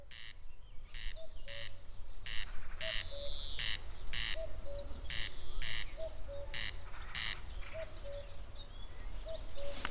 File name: Wachtelkönig